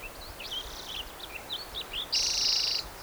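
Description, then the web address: Spotted Towhee song: a dense, buzzy, rapid trill lasting under a second. It is preceded by scattered thin chirps and sits over steady background hiss. Recorded at Cicero, 16 Jun 2010. "MVZ Cicero 16 Jun 2010 Pmaculatus"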